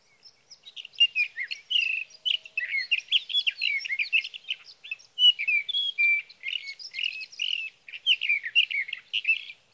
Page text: 61. Sage thrasher songs, through the night. For three nights, from the evening of June 12 to the morning of June 15, 2018, in Sierra Valley, California